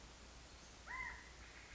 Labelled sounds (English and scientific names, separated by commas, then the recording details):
California Quail (Callipepla californica)
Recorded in Sonoma County, California